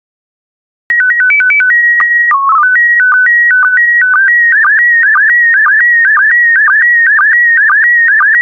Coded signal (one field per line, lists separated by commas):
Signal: SSTV (slow-scan television)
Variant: PD 120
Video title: 196082 Sands and Solitude SSTV PD120